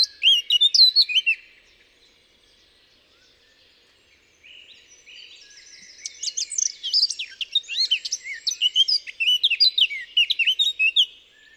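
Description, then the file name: Eurasian blackcap song with an opening burst of clear whistles, a pause, then soft twittering leading into a loud, varied, fluty warble. "Sylvia atricapilla"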